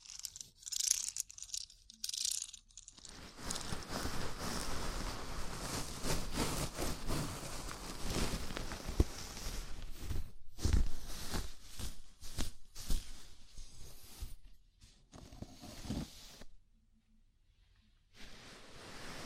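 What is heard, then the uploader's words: A scalp massage, heard as fingers rubbing and scratching through hair. The rustling is dense, crackly and bright, running mostly steadily from about 3 to 16 seconds with short pauses near 10 and 15 seconds. Quieter stretches at the start and end. ASMR Sleepy Scalp Massage (No Talking).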